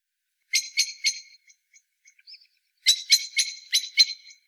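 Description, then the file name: Eurasian blackbird rattling call, a short burst of three harsh notes, soft scattered ticks, then a run of five clicks. "Turdus merula"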